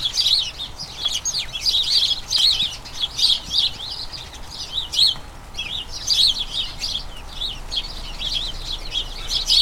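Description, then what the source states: House sparrows chirping in clustered bursts, loud runs of overlapping chirps separated by short softer gaps. About a dozen house sparrows, a colony, chattering incessantly in a small front garden as crocuses bloom, excitement signalling the colony turning toward the breeding season.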